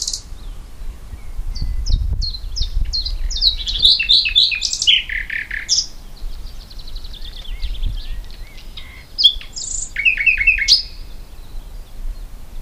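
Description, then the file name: Common nightingale singing varied phrases: quick repeated chirps, a dense warbled tangle, a thin rattling trill and sharp whistles, over faint low background rumble. "Luscinia megarhynchos"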